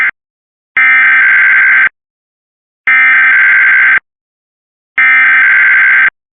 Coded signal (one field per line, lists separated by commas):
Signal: Emergency Alert System (SAME) tones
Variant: header bursts